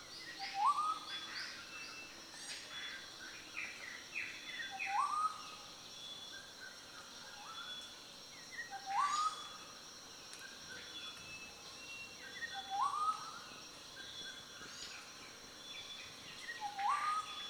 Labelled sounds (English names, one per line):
Western Black-headed Oriole